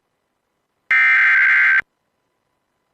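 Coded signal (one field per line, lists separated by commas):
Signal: Emergency Alert System (SAME) tones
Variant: header bursts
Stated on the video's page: Simulated virtual EAS Severe Thunderstorm Warning.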